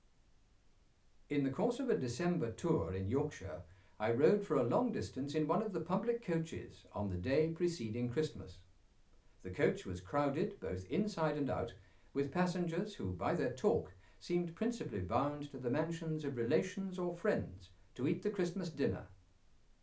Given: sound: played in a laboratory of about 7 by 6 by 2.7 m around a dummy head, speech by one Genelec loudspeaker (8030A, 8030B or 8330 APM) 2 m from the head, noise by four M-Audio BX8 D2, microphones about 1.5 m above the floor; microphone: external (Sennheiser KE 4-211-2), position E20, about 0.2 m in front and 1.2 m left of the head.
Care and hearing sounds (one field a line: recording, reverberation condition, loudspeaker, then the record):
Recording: male speech in English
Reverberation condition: low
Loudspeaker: 150 degrees to the left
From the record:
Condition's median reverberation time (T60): about 310 ms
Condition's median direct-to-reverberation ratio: about 3.5 dB